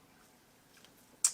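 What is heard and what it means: A shaft assembly is slid into the side plate of an Abu Garcia 6500 baitcasting reel during cleaning. After quiet low-level noise and a faint tick near 0.9 s, a sharp, bright pop sounds at 1.3 s as the part seats. The shaft assembly is confirmed popped into place.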